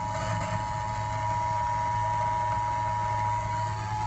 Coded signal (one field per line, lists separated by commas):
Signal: Emergency Alert System (SAME) tones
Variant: 853 and 960 Hz attention tone